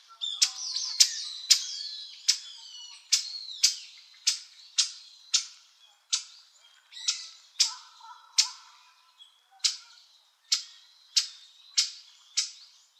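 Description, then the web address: Bird giving sharp, high chips repeated steadily throughout, mixed with warbled, whistled phrases early on. "birdenaga sirohara"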